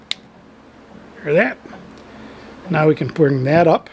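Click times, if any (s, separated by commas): 0.1 s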